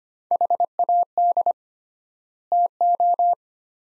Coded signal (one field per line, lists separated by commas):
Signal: Morse code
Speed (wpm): 25 wpm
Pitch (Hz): 700 Hz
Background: none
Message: HAD TO